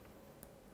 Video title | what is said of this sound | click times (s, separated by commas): 금요일에 과학터치 인천지역 도입 강연 – 과학으로 확인하는 사랑, 러브미터만들기 | 이번에도 딸깍 소리가 날 때까지. 네, | 0.4 s